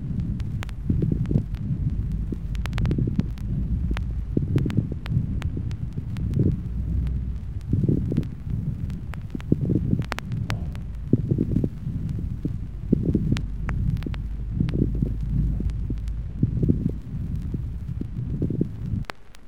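Repeated breath sounds with many sharp, brief crackling pops: moist consonating crackles, heard over an adult's lungs, a sign of fluid in the airways.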